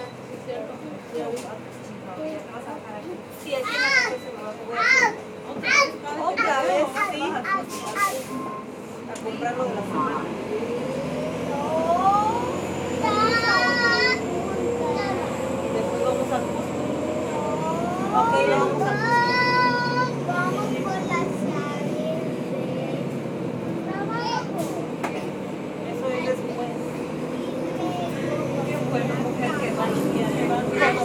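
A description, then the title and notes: Inside a city bus on the move: a steady low engine rumble runs throughout, with voices chattering in the first several seconds. From about ten seconds on, the motor's whine rises and warbles in pitch as the bus pulls away and changes speed. Bus trip from 18th/Folsom to 11th/Folsom at Vox.io SF HQ by David Noël.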